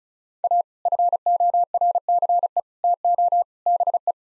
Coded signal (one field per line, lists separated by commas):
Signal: Morse code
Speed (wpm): 36 wpm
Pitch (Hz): 700 Hz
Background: none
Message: A FORCE TO BE